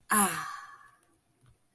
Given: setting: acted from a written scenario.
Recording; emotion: vocal sound without words; serenity